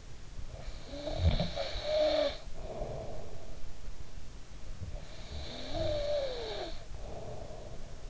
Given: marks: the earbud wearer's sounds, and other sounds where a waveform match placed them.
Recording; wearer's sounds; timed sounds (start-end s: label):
sounds in sleep by an in-ear microphone; snoring breath
0.47-3.62 s: snoring breath
4.89-8.10 s: snoring breath